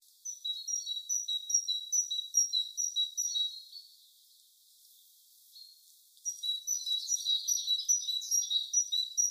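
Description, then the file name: Great tit calling with quick, evenly repeated high thin notes for about three seconds, a quiet gap, then a denser, busier run of high notes. "Parus major"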